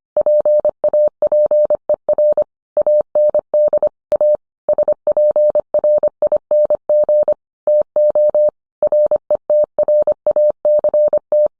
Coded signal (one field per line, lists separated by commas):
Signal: Morse code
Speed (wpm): 25 wpm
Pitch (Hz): 600 Hz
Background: none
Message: PAPER AND A SPRING TO RETRACT